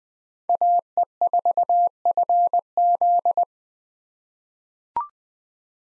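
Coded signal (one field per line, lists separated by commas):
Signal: Morse code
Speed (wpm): 20 wpm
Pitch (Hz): 700 Hz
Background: none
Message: AE4FZ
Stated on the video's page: Morse practice of common SOTA chaser call signs at 20 wpm, each sent twice around a spoken version, for head-copy.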